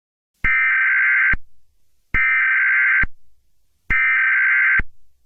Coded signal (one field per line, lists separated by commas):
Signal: Emergency Alert System (SAME) tones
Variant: header bursts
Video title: EAS Scenario #7: The Chameleons Dominance (Kung Fu Panda)